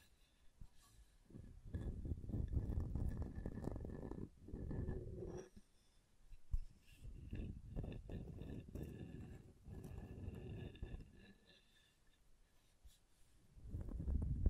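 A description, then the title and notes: Wooden tapping and scraping come in dense bursts with brief pauses, joined by faint squeaky tones midway and swelling again at the end. ASMR Calming Wood Triggers for Sleep (No Talking).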